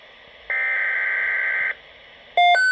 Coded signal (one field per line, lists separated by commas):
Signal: Emergency Alert System (SAME) tones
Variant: header bursts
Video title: XLF322 Severe Thunderstorm Watch (EAS #15)